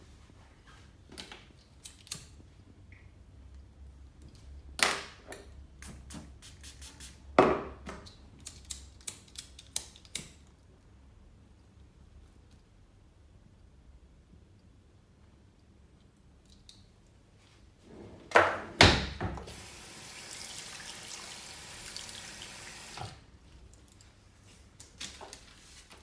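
A men's grooming session with clicks, taps and knocks. The handling sounds are scattered through the first ten seconds, then a quiet stretch follows. Around eighteen seconds a loud clatter leads into a steady hiss, like running water, that lasts about four seconds before fading.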